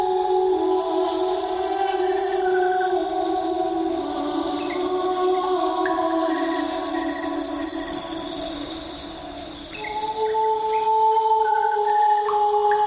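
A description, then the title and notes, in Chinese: Insects call steadily through a summer evening, several sustained drones overlapping at low and middle pitches. Short bursts of quick, high chirps repeat every few seconds, with a thin high whine behind them. The chorus dips briefly near ten seconds, then swells again. 虫鸣夏至。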